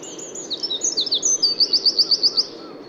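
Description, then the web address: Eurasian wren song fragment: sharp high notes falling into a quick, evenly repeated trill of several bright syllables. "SETE Troglodytes troglodytes"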